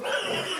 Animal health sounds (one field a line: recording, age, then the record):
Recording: pig call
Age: piglet (1 to 25 days)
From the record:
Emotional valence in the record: negative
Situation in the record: missed nursing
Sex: male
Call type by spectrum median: low-frequency call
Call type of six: high-frequency modulated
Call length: 0.60 s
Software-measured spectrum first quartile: 735 Hz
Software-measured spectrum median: 1564 Hz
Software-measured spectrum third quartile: 3024 Hz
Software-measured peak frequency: 559 Hz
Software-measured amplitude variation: 90 dB a second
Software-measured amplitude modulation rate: 25.9 a second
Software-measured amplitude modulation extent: 3.5 dB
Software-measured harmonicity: 1.1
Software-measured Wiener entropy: -1.24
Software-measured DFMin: 1515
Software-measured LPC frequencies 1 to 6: 583, 1462, 2869, 5037, 5779, 6928 Hz